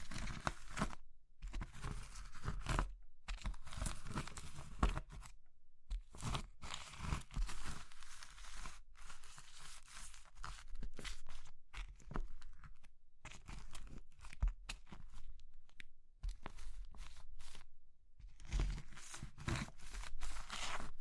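Crushing of brittle things like soap, chalk, meringue and pastel, heard as dense bursts of crumbly crunching and crackling that stop and start every second or so. Short silent gaps separate the bursts, and the texture is bright and gritty with occasional low thumps.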